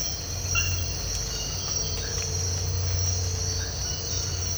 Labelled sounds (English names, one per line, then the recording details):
none
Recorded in dense forest near Puerto Asís, Putumayo, Colombia, on 19 March 2025 at 04:30
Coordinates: 0.468, -76.322
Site GP01